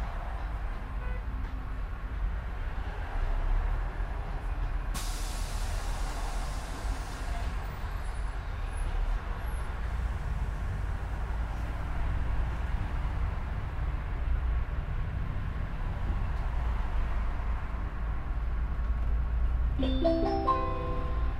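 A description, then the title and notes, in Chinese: Sitting outside in the sun, with a steady low rumble of passing traffic throughout. A hissing rush rises around five seconds and fades by about seven. Near the twenty-second mark, a short burst of tonal honks or squeals cuts through. 坐在300快外晒太阳｜城市声音。很喜欢300快外公交，坐在二层的第一排，被太阳从头到脚晒着，很浪漫。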